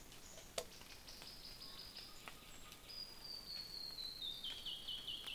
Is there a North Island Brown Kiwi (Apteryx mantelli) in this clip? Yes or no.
no